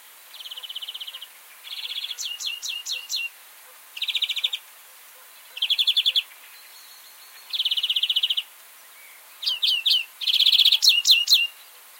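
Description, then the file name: European greenfinch singing: rapid buzzy trills alternate with bursts of sharp descending chirps, phrases separated by brief pauses. "Chloris chloris"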